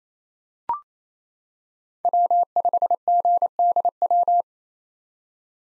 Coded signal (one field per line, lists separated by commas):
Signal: Morse code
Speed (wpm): 28 wpm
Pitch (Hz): 700 Hz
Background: none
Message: W5GDW